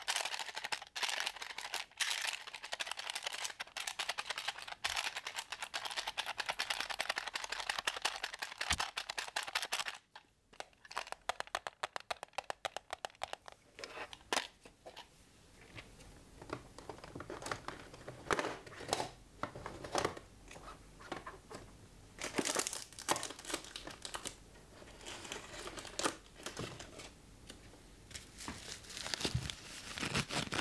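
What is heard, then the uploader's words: Tapping and scratching on assorted objects, with dense crinkly scraping and quick clicks packed through the first ten seconds. After a brief near-silent break around ten seconds, the sounds thin out into sparser, separate taps and rustles with short gaps between them. Tapping and Scratching unusually items.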